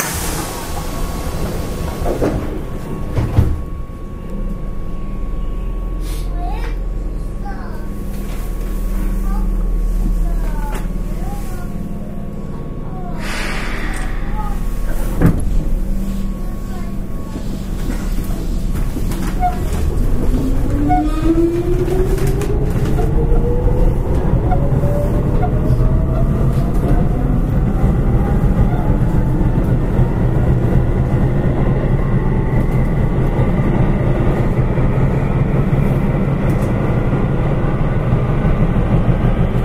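Running noise from inside a Keihan 5000 series train: a steady low rumble with scattered clicks and knocks over the first fifteen seconds and a faint constant tone. From about twenty seconds a motor whine rises steadily in pitch as the train speeds up and grows louder.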